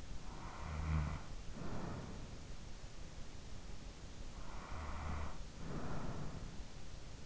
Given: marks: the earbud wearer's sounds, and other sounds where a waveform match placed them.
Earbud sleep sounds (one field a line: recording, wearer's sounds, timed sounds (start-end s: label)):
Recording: sounds in sleep by an in-ear microphone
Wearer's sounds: snoring breath, breath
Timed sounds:
0.00-2.55 s: snoring breath
4.07-7.17 s: breath